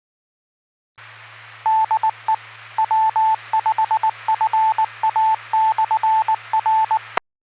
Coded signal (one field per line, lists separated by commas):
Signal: Morse code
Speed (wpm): 19 wpm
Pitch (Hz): 880 Hz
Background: radio noise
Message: DE W5FA/R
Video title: Making My First Ham Radio Contact Ever!